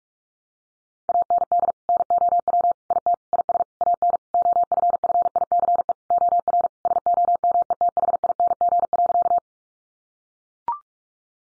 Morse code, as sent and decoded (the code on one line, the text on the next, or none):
.- -. -.. / -. --- .-- / .. - / .. ... / .- -. / --- ..-. ..-. .. -.-. . / --- .-. / ... --- -- . - .... .. -. --. .-.-.-
AND NOW IT IS AN OFFICE OR SOMETHING.